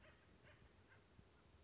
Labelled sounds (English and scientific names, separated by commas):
Acorn Woodpecker (Melanerpes formicivorus)